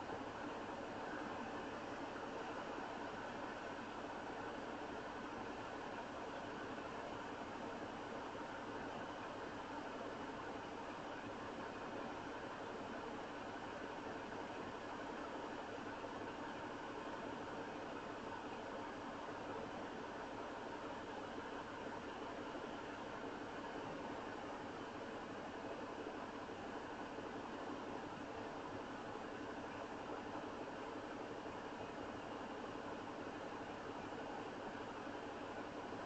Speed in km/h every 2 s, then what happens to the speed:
0, 0, 0, 0, 0, 0, 0, 0, 0, 0, 0, 0, 0, 0, 0, 0, 0, 0.
0-36 standing.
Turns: none.